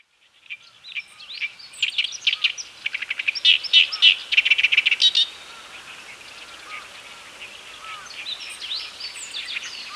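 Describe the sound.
Bird calls: a dense burst of high chirps and fast trills for about five seconds, then softer scattered chirps over steady background hiss.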